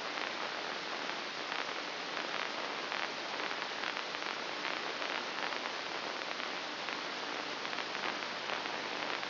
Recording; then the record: brain microelectrode recording played as sound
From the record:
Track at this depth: inside the subthalamic nucleus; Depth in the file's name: 2.604 mm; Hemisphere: right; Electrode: 2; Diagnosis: Parkinson's disease